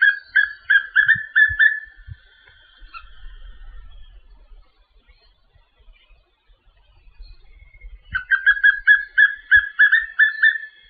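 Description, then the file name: Papinho-amarelo singing two phrases of rapid, repeated whistled notes on an even pitch, separated by several seconds of near silence; faint low thumps are heard. "Canto do papinho amarelo"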